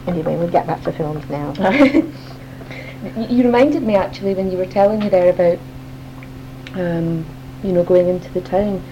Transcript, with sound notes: Anyway, we'll get back to films now.
[laughter] You reminded me actually, when you were telling me there about, erm, you know, going into the town.